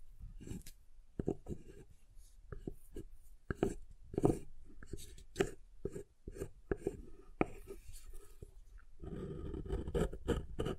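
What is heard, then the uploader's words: Crisp taps and short scraping cuts on soap come in irregular bursts, with a denser rough scraping stretch near the end. ASMR SoftHard Soap Tapping and Carving (No Talking).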